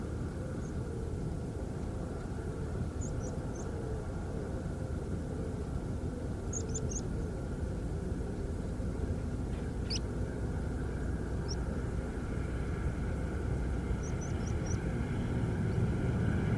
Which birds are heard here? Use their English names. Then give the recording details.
Meadow Pipit. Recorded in France